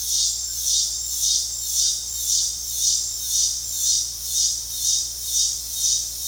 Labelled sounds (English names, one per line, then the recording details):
none
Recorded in pastures near Puerto Asís, Putumayo, Colombia, on 4 March 2025 at 18:00
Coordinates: 0.502, -76.324
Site GP07